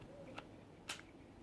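A gas magazine is pushed into the grip of an ICS BLE XAE SB airsoft pistol, with a faint tick at 0.4 s and a sharp, distinct latching click at 0.9 s. The magazine is seated. The click matters because the magazine used to go in softly with no click, leaving no way to tell it was fully in and risking it falling out.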